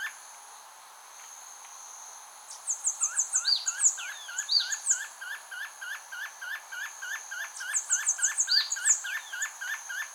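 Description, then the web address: Spotted puffbird calls start after a brief hiss and repeat quickly in an even series, overlaid twice by a high, rapid descending trill from another bird. "Spotted puffbird. صدای-پرنده-پفی-مرغ-خالدار"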